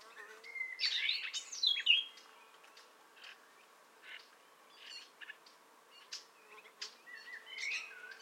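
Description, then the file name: Common nightingale song: a loud burst of rich, varied notes and whistles early on, then quieter scattered chirps. "Luscinia megarhynchos"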